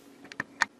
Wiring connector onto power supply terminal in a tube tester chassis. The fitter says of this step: we've got it plugged on and locked down now and you